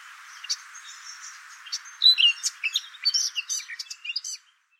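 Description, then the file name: Eurasian blackcap giving a brief warble: a few soft notes, then a loud tumbling run of rich, varied phrases that ends abruptly. "Sylvia atricapilla"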